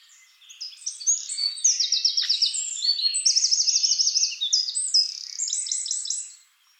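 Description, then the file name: Eurasian wren in full song: a long, loud outpouring of fast, shrill trills and rattles, several trilled phrases strung together before stopping abruptly. "Troglodytes troglodytes"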